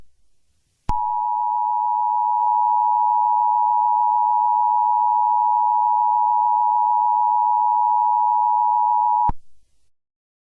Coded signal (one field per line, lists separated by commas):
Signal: Emergency Alert System (SAME) tones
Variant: 853 and 960 Hz attention tone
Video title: Tutorial on how to make an EAS Scenario!